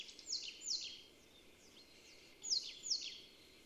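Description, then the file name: Marsh tit calls, sharp high descending chirps given in pairs, one pair early and another near the end, over quiet background. "Poecile palustris"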